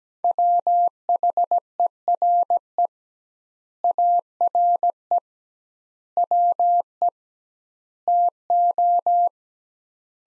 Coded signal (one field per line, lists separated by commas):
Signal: Morse code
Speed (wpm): 17 wpm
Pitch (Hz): 700 Hz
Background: none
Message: WHERE ARE WE TO